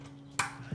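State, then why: Seated. A black display cable with a USB-C style connector is plugged into a car radio module during a Toyota Tacoma Stinger HEIGH10+ radio upgrade. Against a low steady hum, one sharp, bright click sounds at 0.4 s as the connector seats.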